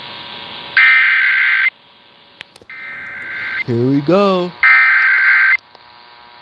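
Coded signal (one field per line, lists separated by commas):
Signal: Emergency Alert System (SAME) tones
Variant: header bursts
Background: speech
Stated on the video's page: Los Angeles County Required Monthly Test relay, captured live on a 1070 AM news radio station.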